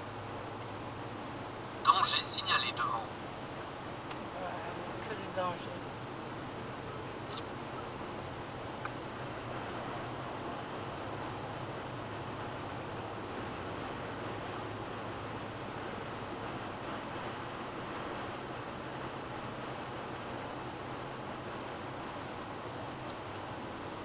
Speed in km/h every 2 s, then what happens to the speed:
111, 111, 111, 111, 112, 113, 114, 113, 111, 108, 108, 107.
0-13 steady at about 111. 13-24 slows to 107.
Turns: none.